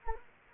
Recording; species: mosquito wingbeat signal from an infrared sensor; Anopheles gambiae